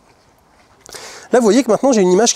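A magnetic K&F Concept ND64 filter is stacked onto the ND1000 filter already on a camera lens and snaps into place with a sharp, short click at 0.9 s, seating firmly. After a brief low rustle, someone talks.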